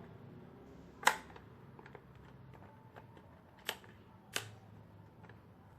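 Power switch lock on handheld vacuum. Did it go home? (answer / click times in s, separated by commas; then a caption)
yes / 1.1 s. The power switch on a handheld vacuum is pressed to lock it, giving a sharp plastic click at 1.1 s and locking the switch in place. Further sharp clicks follow at about 3.7 s and 4.4 s, with faint ticks in between over a low background hum.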